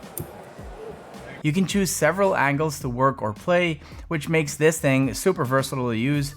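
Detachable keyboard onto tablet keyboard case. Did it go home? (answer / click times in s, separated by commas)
yes / 0.2 s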